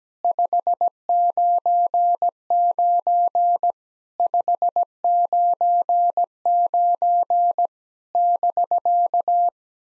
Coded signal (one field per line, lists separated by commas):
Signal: Morse code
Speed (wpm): 17 wpm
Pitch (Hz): 700 Hz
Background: none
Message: 599 599 <BK>